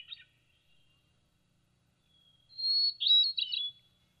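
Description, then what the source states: Hermit Thrush song: a short note at the start, then a long pure whistle leading into a quick, fluty cascade of notes. Played back; a hardy thrush, some of which winter in the area while others migrate; its call sounds very thrush-like but a little different.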